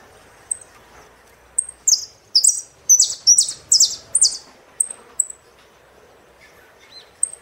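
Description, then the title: Saffron finch song: a run of loud, sharp descending chirps in quick succession, framed by scattered thin high tweets. "Jilguero Argentino"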